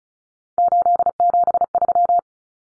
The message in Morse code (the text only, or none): 873